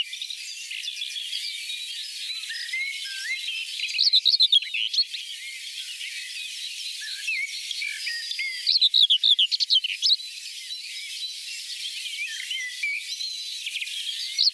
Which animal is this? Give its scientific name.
Sylvia communis